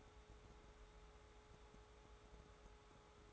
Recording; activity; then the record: daily activity, microphone in the room; take from stove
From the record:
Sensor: 3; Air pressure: 1010.3 hPa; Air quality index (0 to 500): 166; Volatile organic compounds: 9 ppm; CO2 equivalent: 2172 ppm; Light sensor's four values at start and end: 50/124/55/60 and 50/124/55/61